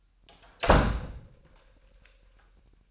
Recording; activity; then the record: daily activity, microphone in the room; close door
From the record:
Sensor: 2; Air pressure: 998.2 hPa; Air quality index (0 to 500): 144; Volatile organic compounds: 4 ppm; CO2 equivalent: 1626 ppm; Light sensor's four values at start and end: 11/34/13/13 and 11/34/13/13